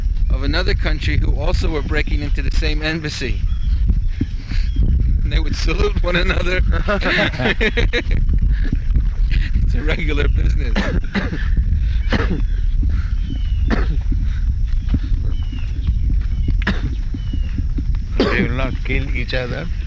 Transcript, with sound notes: of another country who also were breaking into the same embassy, and they would salute one another. [laughter] It's a regular business.
They will not kill each other?